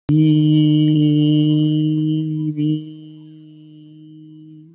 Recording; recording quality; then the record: sustained vowel as in beet; excellent, no background noise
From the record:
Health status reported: healthy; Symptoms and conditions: muscle pain, diabetes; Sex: male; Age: 36 years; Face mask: not worn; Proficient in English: yes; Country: India